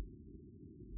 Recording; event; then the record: neck accelerometer signal played as sound; no cough (speech, laughter, throat clearing or background)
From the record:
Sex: male